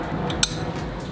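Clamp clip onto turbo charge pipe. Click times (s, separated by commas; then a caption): 0.4 s. A plastic clamp clip, lined up in the grooves of a new aluminum turbo charge pipe with its pointy end toward the pipe, is pushed on until it snaps into place. A single sharp snap is heard at 0.4 s over a low steady background, and the clip is seated.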